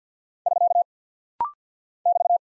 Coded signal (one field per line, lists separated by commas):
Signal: Morse code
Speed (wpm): 48 wpm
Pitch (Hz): 700 Hz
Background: none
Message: <SK> <BT>